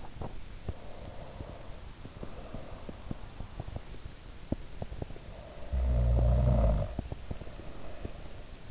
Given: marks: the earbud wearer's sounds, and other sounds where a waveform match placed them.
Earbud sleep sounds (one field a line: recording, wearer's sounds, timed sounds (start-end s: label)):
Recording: sounds in sleep by an in-ear microphone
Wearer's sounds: teeth grinding, snoring breath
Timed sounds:
0.14-5.40 s: teeth grinding
5.40-8.71 s: snoring breath